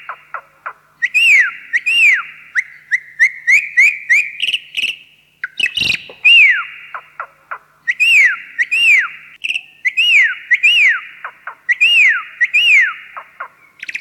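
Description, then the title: Javan pied starling whistling: loud falling whistled notes repeated many times, mixed with softer chips and one sharp click partway through. "Jalak Uren"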